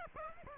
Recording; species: mosquito wingbeat signal from an infrared sensor; Aedes aegypti